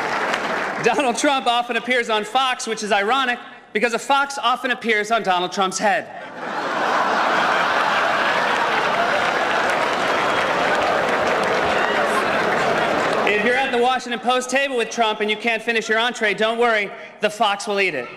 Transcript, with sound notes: Donald Trump often appears on Fox, which is ironic because a fox often appears on Donald Trump's head.
(LAUGHTER)
If you're at The Washington Post table with Trump and you can't finish your entree, don't worry, the fox will eat it.